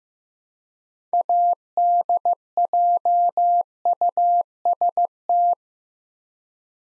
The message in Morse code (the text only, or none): ADJUST